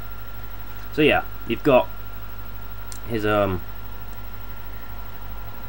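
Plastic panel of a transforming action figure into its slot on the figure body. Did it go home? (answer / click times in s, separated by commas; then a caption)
no / none. A plastic panel of a Star Wars Transformers Palpatine transforming action figure is handled near its slot on the figure body while someone talks over a steady background hum. A brief sharp tick occurs at 2.9 s, but nothing has seated or clicked into place yet.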